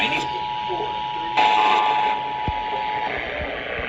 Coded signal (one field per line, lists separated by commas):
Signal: Emergency Alert System (SAME) tones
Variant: 853 and 960 Hz attention tone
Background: speech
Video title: EAS #251 Severe Thunderstorm Warning On WBAP-AM & FM